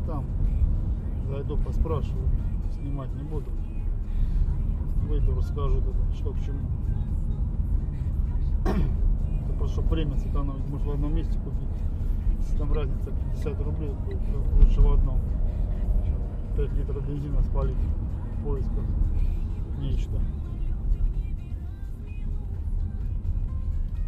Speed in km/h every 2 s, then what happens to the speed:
49, 46, 44, 42, 43, 46, 48, 51, 52, 48, 33, 25.
0-7 slows to 42. 7-17 speeds up to 52. 17-24 brakes to 25.